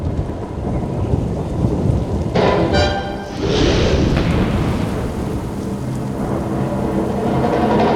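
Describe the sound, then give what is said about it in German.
Steady rain hisses throughout while a loud thunderclap cracks sharply around the midpoint, followed by a rolling rumble that fades back into the downpour. “Aber der Donner!”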